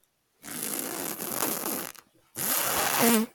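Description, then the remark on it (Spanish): A Quechua tent zipper rasps open in two long pulls as someone camping gets out of the tent, the first pull lasting about a second and a half, then a short pause before a second, slightly squeakier drag. “El sujeto ha ido de acampada y se dispone a salir de la tienda.”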